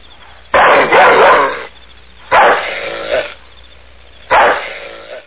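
Dog barking: three harsh, drawn-out barks, each about a second long, spaced roughly two seconds apart.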